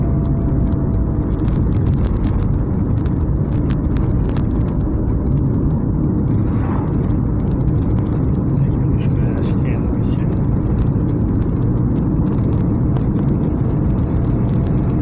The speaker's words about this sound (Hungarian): Rászkodik az autó, nem érzed? Rászkodik oda-vissza.